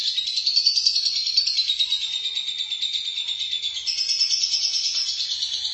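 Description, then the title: Lovebird song: a sustained, fast, rattling trill, shrill and buzzy, dipping slightly in pitch and then rising again, with no breaks. "BM Suara Burung Lovebird"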